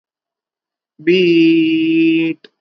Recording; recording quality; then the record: sustained vowel as in beet; excellent, no background noise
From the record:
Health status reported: recovered from COVID-19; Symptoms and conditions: none ticked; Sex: male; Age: 18 years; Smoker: not ticked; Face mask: not worn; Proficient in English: yes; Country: India